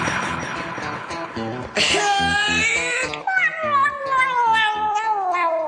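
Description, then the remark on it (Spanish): A cat meows loudly in a strained, drawn-out wail, then lets out a long yowl that slowly falls in pitch, over a steady rhythmic background pulse. “Así es, señoras y señores, lo que el gatito les acaba de comentar ahí es precisamente de lo que vamos a hablar nosotros acerca de miau, miau, miau, miau, miau,”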